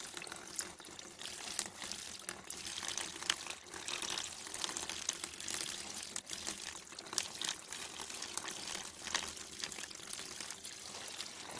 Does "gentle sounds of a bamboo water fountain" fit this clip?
yes